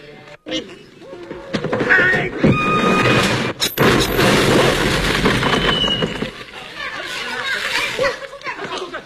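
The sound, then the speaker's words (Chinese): A loudspeaker crashes down with a loud, heavy impact partway through, then a sustained burst of clattering, rumbling noise that fades slowly while voices are heard in the commotion. “这音箱怎么会掉下来？”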